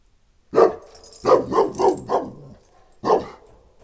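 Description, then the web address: St. Bernard and Moscow Watchdog mix: dog barking: a single bark, then a quick run of four barks, then another lone bark after a pause. St. Bernard and Moscow Watchdog mix dog in a farmyard at a tourist lodge in Eger. "allathangok parasztudvar kutya bernathegyimoszkvaiorkutyakeverek egerturistahaz"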